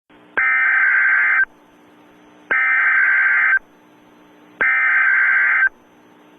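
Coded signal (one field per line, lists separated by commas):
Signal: Emergency Alert System (SAME) tones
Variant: header bursts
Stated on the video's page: River flood warning carried on NOAA weather radio.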